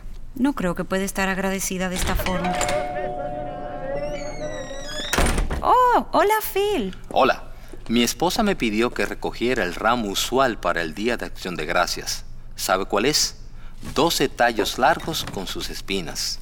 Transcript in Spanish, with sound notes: No creo que pueda estar agradecida de esta forma.
(Se abre la puerta) Hola, Phil.
Hola. Mi esposa me pidió que recogiera el ramo usual para el Día de Acción de Gracias, sabe cuál es, doce tallos largos con sus espinas.